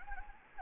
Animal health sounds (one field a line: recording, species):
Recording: mosquito wingbeat signal from an infrared sensor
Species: Anopheles gambiae